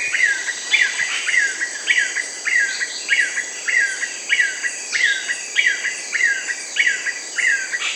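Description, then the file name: Yellow-billed nunbird calls: a fast series of whistled notes that drop in pitch, about a dozen in eight seconds, over a steady high insect drone. Peru and Ecuador. "Yellow-billed Nunbird (Monasa flavirostris), Peru, Ecuador"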